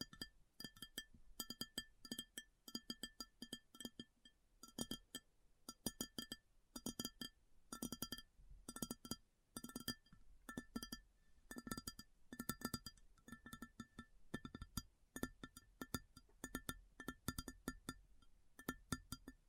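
Quick, crisp fingertip tapping in uneven bursts and rolls, each tap leaving a bright ringing tone, with short pauses between flurries throughout.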